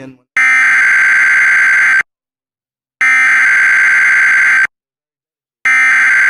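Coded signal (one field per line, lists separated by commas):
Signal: Emergency Alert System (SAME) tones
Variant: header bursts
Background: speech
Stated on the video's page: Real EAS alerts relayed via NJTV: a flood warning, a flash flood warning and a tornado warning.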